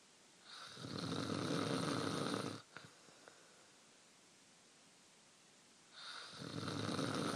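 An adult snoring in sleep: two long, rumbling snores, each lasting about two seconds, separated by a quiet pause with a few faint clicks.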